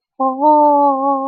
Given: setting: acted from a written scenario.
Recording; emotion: vocal sound without words; serenity